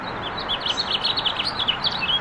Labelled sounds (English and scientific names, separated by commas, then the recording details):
House Finch (Haemorhous mexicanus) song
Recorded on Long Island, New York, on 28 May 2012
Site RH
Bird A